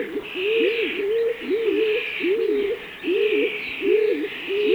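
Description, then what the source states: Stock Dove cooing: low, hollow coos repeated in a series, with a broad hiss higher up. Sten Wahlström, Sweden; on the Sveriges Ornitologiska Förening cassette Fåglar I Vår Närhet.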